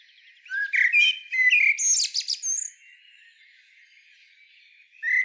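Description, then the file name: Common blackbird song: a rich fluted warble ending in a burst of high scratchy twittering, then quiet before another low note begins. "Turdus merula"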